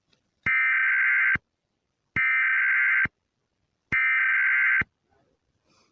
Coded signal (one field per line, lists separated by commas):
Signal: Emergency Alert System (SAME) tones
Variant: header bursts